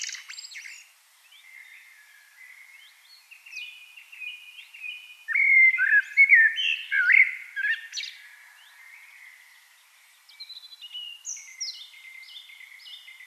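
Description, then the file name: Eurasian blackbird: a rich warbled phrase in the middle, framed by quieter thin whistles and repeated chirps. "Turdus merula"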